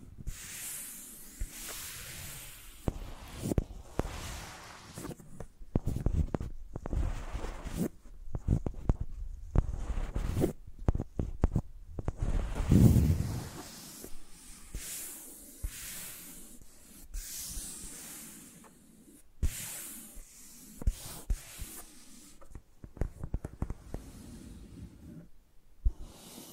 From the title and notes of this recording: Using Mics as Pencils (No Talking).